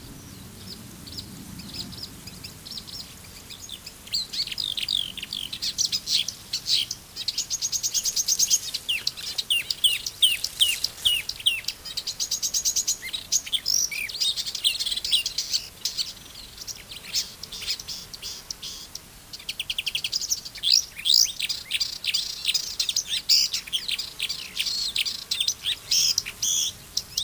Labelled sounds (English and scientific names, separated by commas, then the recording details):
Marsh Warbler (Acrocephalus palustris) song
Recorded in the wild
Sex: male
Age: adult
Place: Berlin, OT Blankenfelde, Berlin, DE
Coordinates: 52.6375, 13.4131
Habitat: gravel-pit lake
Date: 1983-07-02 10:03
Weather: sunny, 16-20 °C
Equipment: Nagra SN, Kopie Uher 4000 Monitor Report
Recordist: Tembrock, Günter
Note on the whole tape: Ehemalige Kiesgrube Arkenberge im Weidendickicht. Gesang